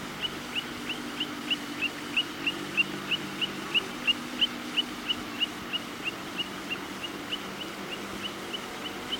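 Long-billed plover producing a steady run of thin, high whistled notes, about three a second, swelling slightly in the middle, over a low continuous hum.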